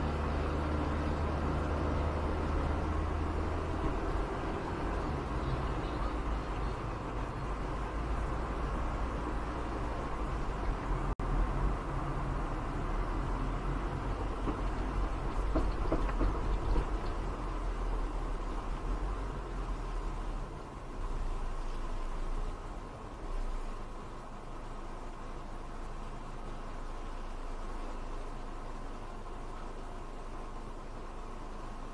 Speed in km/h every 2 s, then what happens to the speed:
36, 36, 40, 41, 40, 39, 35, 34, 31, 19, 8, 4, 0, 0, 0, 0.
0-6 steady at about 36. 6-23 slows to 0. 23-32 standing.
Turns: none.